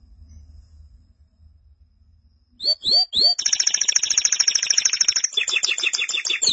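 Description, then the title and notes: Canary song: after a quiet start, three sharp rising notes lead into a continuous high, buzzy rapid trill, then a choppier run of repeated notes. "BM Suara Kenari. BM Suara Burung Kenari"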